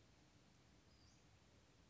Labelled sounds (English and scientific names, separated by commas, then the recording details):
Western Flycatcher (Empidonax difficilis)
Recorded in Sonoma County, California